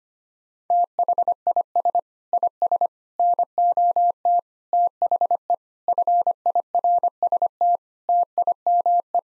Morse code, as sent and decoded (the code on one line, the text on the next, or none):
- .... .. ... / .. ... / -. --- - / - .... . / ..-. .. .-. ... - / - .. -- .
THIS IS NOT THE FIRST TIME